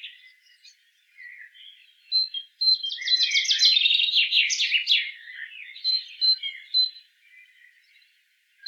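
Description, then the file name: Great tit calls: scattered thin high notes build into a dense, harsh rattling churr of rapid strokes, then fade back to soft chips. "Parus major"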